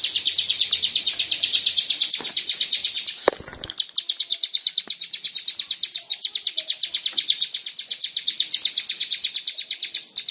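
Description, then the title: Lovebird long ngekek, dense fast shrill chatter, interrupted briefly by a sharp knock, then resuming at a steady rapid pace. Long ngekek song (ngekek panjang) style. "Lovebird Ngekek Panjang Ciblek"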